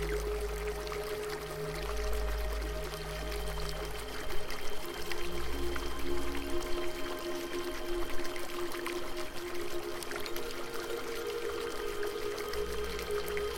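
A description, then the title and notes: Water pours and splashes continuously, a dense, steady rush of droplets that swells slightly between about four and eight seconds. Underneath, sustained low tones hum in the background, shifting pitch a couple of times without a clear melody. Waves, Rain, Piano.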